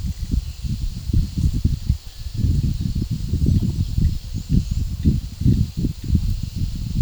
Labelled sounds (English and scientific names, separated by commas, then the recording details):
none
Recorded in pastures near Puerto Asís, Putumayo, Colombia, on 18 December 2024 at 14:30
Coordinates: 0.497, -76.327
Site G088